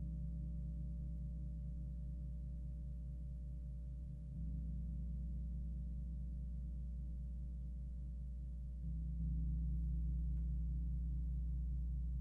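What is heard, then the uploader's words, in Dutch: Singing bowls and a gong ring out as a deep, sustained drone with a slow, wavering beat running through it. The tone shifts slightly around four seconds and again near nine, where it swells a little louder, and stays low and steady throughout. Klankschalen en gong.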